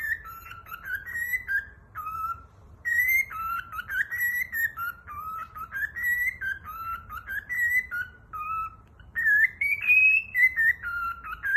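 Cockatiel whistled song, long stream of tonal notes swinging between lower and higher pitch, with a brief pause near the start.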